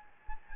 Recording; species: mosquito wingbeat signal from an infrared sensor; Anopheles gambiae